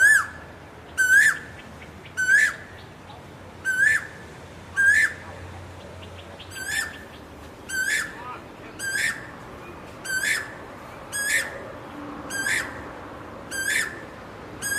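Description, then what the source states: Repeated Asian koel calls: around thirteen sharp, ringing notes that climb and then fall, delivered briskly about once a second against a quiet background. Calling to find a mate.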